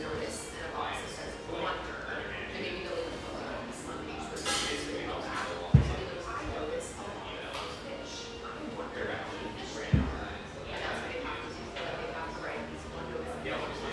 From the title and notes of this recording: Bubbly surf-shack-meets-espresso-bar in one of sunny Marin's best towns.